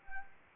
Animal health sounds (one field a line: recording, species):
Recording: mosquito wingbeat signal from an infrared sensor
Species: Anopheles arabiensis